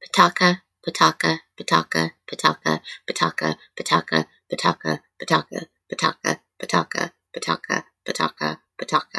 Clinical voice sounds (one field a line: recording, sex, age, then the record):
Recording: repeated syllables /pa ta ka/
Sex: female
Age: 50 to 59 years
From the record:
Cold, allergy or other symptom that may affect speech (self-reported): no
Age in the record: 50 years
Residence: Oklahoma, United States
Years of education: 18